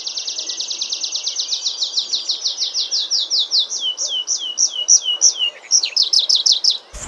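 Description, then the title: Tree Pipit song: a rapid run of high repeated notes that gradually slows into spaced, downward-slurred notes near the end, over quiet background. "vogel der woche. Baumpieper Anthus trivialis"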